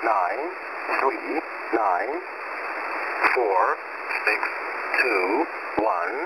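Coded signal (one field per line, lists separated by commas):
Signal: numbers station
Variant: E07a English Man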